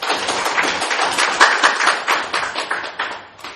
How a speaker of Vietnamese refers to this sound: Chúng ta kính ơn Hòa Thượng Chánh Đại Diện một tràng pháo tay.